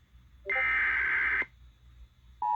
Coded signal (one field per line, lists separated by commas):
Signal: Emergency Alert System (SAME) tones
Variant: header bursts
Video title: Alerts of the Week: S1 Ep 7: Week of 9/27/21 (Old EAS 374-397)